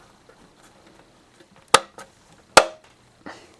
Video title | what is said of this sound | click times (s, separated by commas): How to build a portable 420 watt solar power generator (video 1 of 2) | just like that and it won't come back out because those clamps on the inside hold it | 1.8 s, 2.6 s